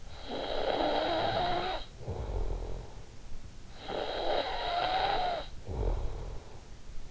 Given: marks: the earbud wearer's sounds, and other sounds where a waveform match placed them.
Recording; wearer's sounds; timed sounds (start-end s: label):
sounds in sleep by an in-ear microphone; snoring breath
0.00-3.54 s: snoring breath
3.65-6.62 s: snoring breath